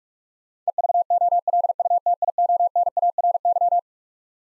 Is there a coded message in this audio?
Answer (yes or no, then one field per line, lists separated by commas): yes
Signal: Morse code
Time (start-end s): 0.7-3.8 s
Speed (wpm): 46 wpm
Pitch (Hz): 700 Hz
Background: none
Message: EVOLUTIONARY